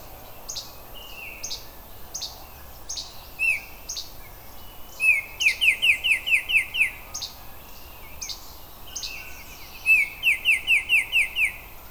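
Oriole chatter calls, two rapid runs of several harsh, evenly spaced notes, with short high chirps scattered throughout.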